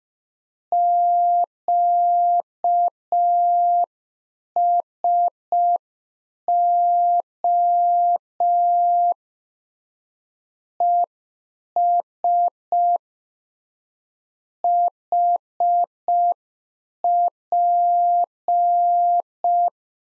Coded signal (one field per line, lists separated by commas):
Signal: Morse code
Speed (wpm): 5 wpm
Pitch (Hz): 700 Hz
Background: none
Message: QSO ES HP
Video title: Practice QSO - Exchange 4- Ending - 5wpm